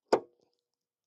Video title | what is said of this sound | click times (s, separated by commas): Quick Hood Strut Swap That Actually Works | So you just pop that in, twist this one around here, | 0.1 s